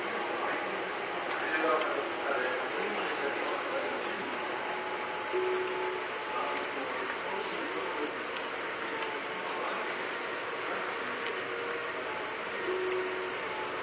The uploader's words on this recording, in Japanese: 東武9000系 小竹向原ー日吉。東京メトロ副都心線→東急東横線の区間で録音。急行運用のため、モーター音が激しいです。